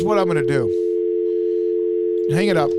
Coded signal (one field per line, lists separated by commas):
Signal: telephone call progress tone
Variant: North America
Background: speech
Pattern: dial tone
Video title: SicEm365 Radio is LIVE! (5/8)